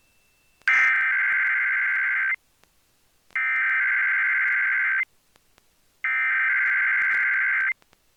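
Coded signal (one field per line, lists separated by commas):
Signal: Emergency Alert System (SAME) tones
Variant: header bursts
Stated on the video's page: Emergency Alert System Required Weekly Tests on several radio stations.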